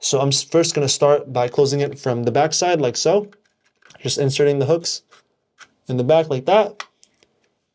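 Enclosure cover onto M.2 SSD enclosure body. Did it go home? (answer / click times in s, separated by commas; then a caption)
yes / 7.0 s. Someone talks while closing the cover of a Satechi Pro M.2 SSD enclosure, first inserting the hooks at its back edge and then pushing the cover down onto the enclosure body. A sharp snap at 7.0 s marks the cover locking into place, followed by two fainter clicks just after.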